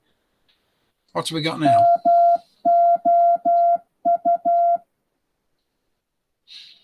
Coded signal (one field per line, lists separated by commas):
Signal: Morse code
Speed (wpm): 12 wpm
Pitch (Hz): 690 Hz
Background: speech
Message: MOU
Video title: InterClub Video: Morse For Beginners by John G4EDX